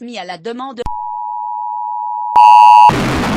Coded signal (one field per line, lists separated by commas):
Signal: Emergency Alert System (SAME) tones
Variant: 853 and 960 Hz attention tone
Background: speech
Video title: EAS Scenario 5 - Zombie Apocalypse (PT 3 - The End)